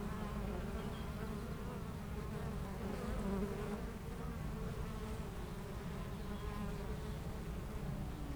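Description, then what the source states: Honey bees drone in a dense, even hum throughout, with bees flying past at a steady level and no other clear sounds. Foraging honey bees flying back and forth to flowers between two hives at a garden apiary in Aix-les-Bains, France.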